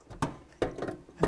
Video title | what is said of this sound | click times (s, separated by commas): New Zojirushi Breadmaker Arrives To Make Christmas bread! | and that's it. And it snaps into place. | 1.2 s